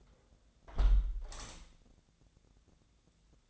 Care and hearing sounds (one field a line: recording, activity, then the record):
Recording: daily activity, microphone in the room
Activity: close window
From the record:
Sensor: 3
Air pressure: 1012.3 hPa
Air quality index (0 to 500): 118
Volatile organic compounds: 1 ppm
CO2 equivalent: 924 ppm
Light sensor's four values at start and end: 176/424/173/160 and 176/423/172/159